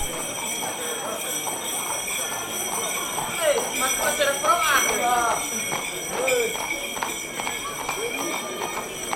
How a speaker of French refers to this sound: Deux par deux, trois par trois, on commençait à voir passer quelques chevaux avec des colliers à clochettes que leurs cavaliers avaient déjà préparés pour la cérémonie.